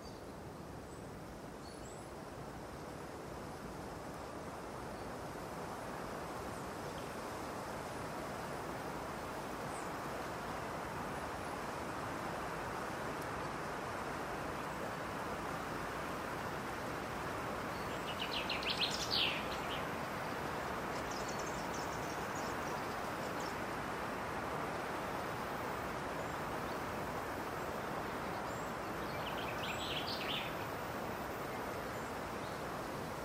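A steady, dense rush fills a spring forest throughout, with brief bright bird chirps near nineteen and thirty seconds and faint high calls scattered between.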